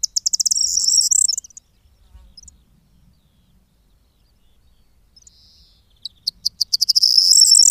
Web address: agykontroll Madardalok Cd 2. Sordély